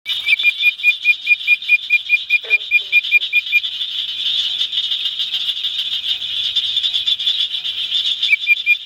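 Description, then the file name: Bird-voiced treefrog calling in quick runs of clear whistled notes, one long series at the start and a brief burst near the end, over a constant shrill background chorus. "Hyla avivoca call"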